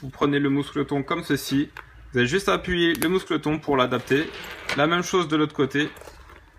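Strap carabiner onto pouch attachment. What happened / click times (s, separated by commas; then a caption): Handled, not yet home: no carabiner click yet / none. Someone talks while handling a small metal carabiner, pressing its spring gate to clip the second side of the shoulder strap onto the strap ring of a vape pouch. Faint handling sounds accompany the speech. Nothing has clicked or seated yet.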